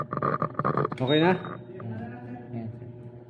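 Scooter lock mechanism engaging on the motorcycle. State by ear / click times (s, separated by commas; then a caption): seated / 0.4 s, 0.6 s. On a brand-new 2024 Honda X-ADV 750 scooter, the lock control is held down for a long time until the lock mechanism engages, giving a series of sharp clicks with the locking clicks at 0.4 s and 0.6 s. Someone then talks, and the lock has clicked into the locked position.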